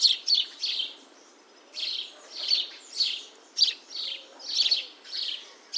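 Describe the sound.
House sparrow calls: rough, emphatic chirps in short clusters, pausing briefly before resuming in a loose rhythm.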